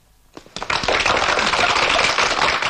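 A class of 47 students breaks into applause after a classmate is elected a "three-good" merit student by vote, starting with a few scattered claps and quickly swelling into dense, steady clapping that stays loud until the end, with no voices.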